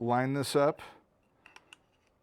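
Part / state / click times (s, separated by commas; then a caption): mounting plate onto camera quick-release plate / seated / 1.7 s. Someone talks for about the first second while lining up the metal mounting plate for a DJI RS5 gimbal, then the plate is slid onto the camera's quick-release plate. A few faint, short ticks follow near 1.5 s and 1.6 s, ending in a sharper click at 1.7 s as the plate clicks in and is seated.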